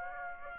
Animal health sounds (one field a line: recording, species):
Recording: mosquito wingbeat signal from an infrared sensor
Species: Aedes aegypti